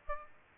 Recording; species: mosquito wingbeat signal from an infrared sensor; Aedes aegypti